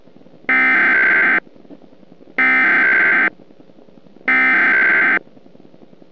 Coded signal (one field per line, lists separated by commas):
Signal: Emergency Alert System (SAME) tones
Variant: header bursts